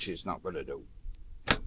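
Someone talks as the wheel axle of a Homcom bicycle trailer is pushed into the wheel socket on the trailer frame. At 1.5 s the axle locks into its socket with a loud, sharp click, and the wheel is seated.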